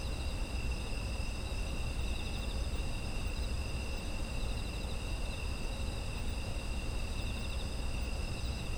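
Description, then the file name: Insects trilling continuously in layered high bands, steady and unbroken, with a low droning hum underneath. Ambient sound of insects in autumn. "秋の虫の環境音"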